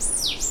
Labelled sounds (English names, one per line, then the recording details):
Stitchbird song
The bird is a male
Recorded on Tiritiri Matangi Island, New Zealand, in 2005
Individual 2, of nest box 2